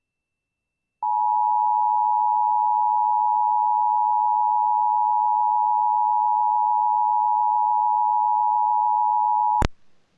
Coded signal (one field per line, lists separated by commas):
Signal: Emergency Alert System (SAME) tones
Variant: 853 and 960 Hz attention tone